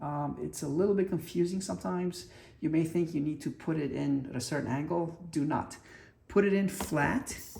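A battery is being handled at the bottom of a Riden RD6024 bench power supply case, laid flat before being pushed down in the center, while someone talks throughout. Nothing has seated or clicked yet; the clip ends before the battery snaps into place.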